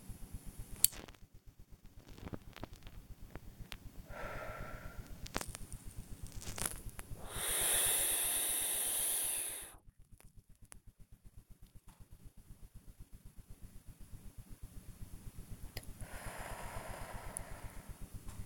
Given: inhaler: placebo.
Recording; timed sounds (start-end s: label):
one use of a dry powder inhaler by a smartwatch
0.25-1.09 s: inhaler activation
3.99-5.15 s: exhalation
7.05-9.86 s: inhalation
15.92-18.21 s: exhalation